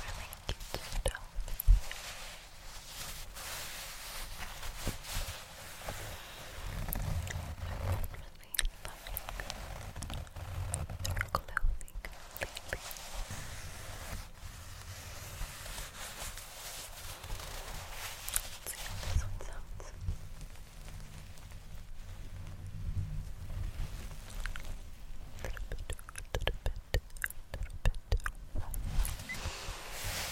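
Fabric rustles and rubs in a continuous, uneven scratchy texture with frequent soft bursts, a low rumbling undertone, and brief sharper crinkles throughout.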